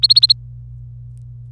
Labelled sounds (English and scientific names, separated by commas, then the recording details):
Domestic Canary (Serinus canaria) song
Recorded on 25 April 2018 at 16:32
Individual llb3